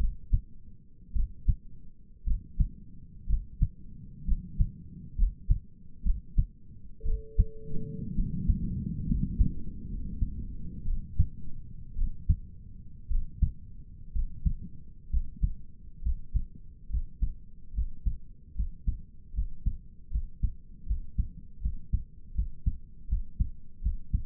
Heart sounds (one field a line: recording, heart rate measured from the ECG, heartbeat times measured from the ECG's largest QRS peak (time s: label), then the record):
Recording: heart sounds by stethoscope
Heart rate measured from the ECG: 66 bpm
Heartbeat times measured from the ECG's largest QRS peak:
1.15 s: heartbeat
2.26 s: heartbeat
3.28 s: heartbeat
4.27 s: heartbeat
5.17 s: heartbeat
6.05 s: heartbeat
7.05 s: heartbeat
8.15 s: heartbeat
9.07 s: heartbeat
9.88 s: heartbeat
10.85 s: heartbeat
11.96 s: heartbeat
13.10 s: heartbeat
14.13 s: heartbeat
15.11 s: heartbeat
16.03 s: heartbeat
16.90 s: heartbeat
17.74 s: heartbeat
18.55 s: heartbeat
19.34 s: heartbeat
20.11 s: heartbeat
20.87 s: heartbeat
21.61 s: heartbeat
22.35 s: heartbeat
23.09 s: heartbeat
23.82 s: heartbeat
From the record:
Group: healthy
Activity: rest 0-10 s, Valsalva maneuver 10-24 s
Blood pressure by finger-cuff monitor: 98/60 mmHg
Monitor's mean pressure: 74 mmHg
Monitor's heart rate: 64 bpm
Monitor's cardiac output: 5.4 L/min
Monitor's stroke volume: 85 mL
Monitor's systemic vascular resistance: 1000 dyn s/cm5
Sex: male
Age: 22 years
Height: 181 cm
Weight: 79 kg